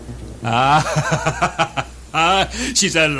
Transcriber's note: laughs